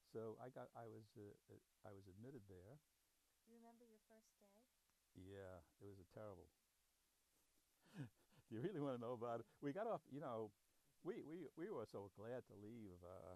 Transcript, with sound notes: So I got — I was — I was admitted there.
Do you remember your first day?
Yeah, it was a terrible — [laughs] do you really want to know about it? We got off — you know, we — we — we were so glad to leave